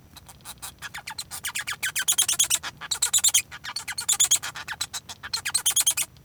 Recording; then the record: song of a male Bengalese finch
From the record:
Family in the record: son of father 1